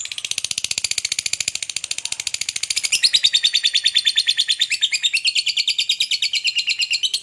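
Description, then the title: Lovebird chattering in a fast, continuous stream of high, buzzy chirps, about three per second, growing louder halfway through. Lovebird said, judging from its calling style, to look very clever at 'memancing' (luring). "Dari Gayanya Lovebird Ini Terlihat Pintar Sekali Memancing"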